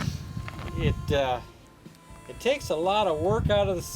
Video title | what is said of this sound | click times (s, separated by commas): Trapline Adventures S3/E10_Pete Harper Flicker Tail | It's got a real good grip on its handle, and it locks in place. It locks open, and | 0.5 s